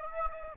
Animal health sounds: mosquito wingbeat signal from an infrared sensor; Aedes albopictus

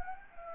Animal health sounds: mosquito wingbeat signal from an infrared sensor; Anopheles gambiae

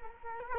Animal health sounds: mosquito wingbeat signal from an infrared sensor; Culex quinquefasciatus

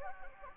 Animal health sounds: mosquito wingbeat signal from an infrared sensor; Anopheles gambiae

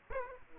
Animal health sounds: mosquito wingbeat signal from an infrared sensor; Aedes aegypti

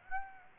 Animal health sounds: mosquito wingbeat signal from an infrared sensor; Aedes aegypti

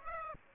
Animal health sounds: mosquito wingbeat signal from an infrared sensor; Aedes aegypti

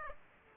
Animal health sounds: mosquito wingbeat signal from an infrared sensor; Aedes aegypti

